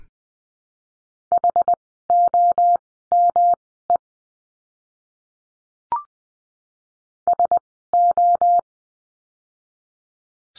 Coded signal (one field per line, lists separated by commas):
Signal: Morse code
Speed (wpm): 20 wpm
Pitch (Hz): 700 Hz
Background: none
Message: HOME SO